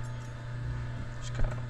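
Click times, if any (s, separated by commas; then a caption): none. A steel snap ring is lined up at its groove on the sun gear of a John Deere torque hub final drive, ready to be pressed in. Only low handling noise over a steady hum is heard, with a slightly louder rustle near 1.4 s. Nothing has seated or clicked yet.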